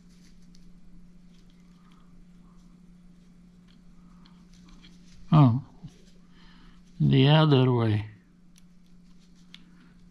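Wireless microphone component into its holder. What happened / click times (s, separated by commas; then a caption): The small part snapped into its holder / 9.5 s. A wireless microphone component from a DJI Mic 2 is turned the other way after being found wrong way round, then fitted into its holder. Someone talks briefly over a steady low hum with faint small taps. A loud, sharp click at 9.5 s marks the part snapping into place.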